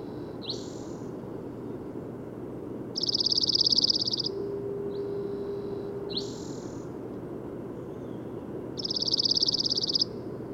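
Bird song: high buzzy trills repeated about every six seconds, alternating with short sliding chirps, over low background hum.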